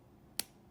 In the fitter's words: feel a really nice click right